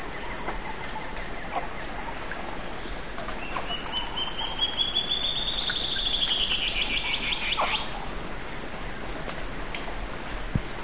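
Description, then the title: Band-tailed antbird song, a rapid series of clear notes rising gradually in pitch for about four seconds, over steady background hiss and faint other bird notes. "LuckyPassaro Completos2Sama. Band-tailed Antbird (Hypocnemoides maculicauda)"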